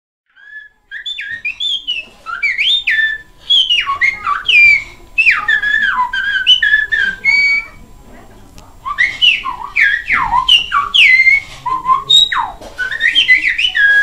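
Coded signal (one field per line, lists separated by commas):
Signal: whistled language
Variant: Silbo Gomero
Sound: loud gliding whistles rising and falling in pitch, in short speech-like phrases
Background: faint room noise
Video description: I was lucky enough to catch a demonstration in a charming restaurant clinging to the mountain side.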